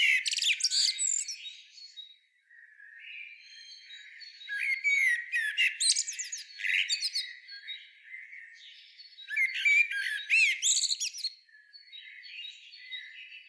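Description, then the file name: Common blackbird gives three dense bursts of harsh, squawky notes mixed with high chattering twitters, separated by quieter stretches of softer warbling. "Turdus merula"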